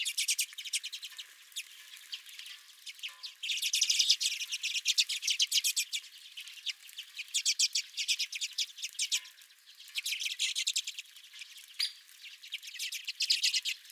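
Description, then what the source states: Redpolls calling nonstop, quick dry chit notes strung into long rattles, several birds overlapping with only short lulls. Several redpolls at the recordist's feeder.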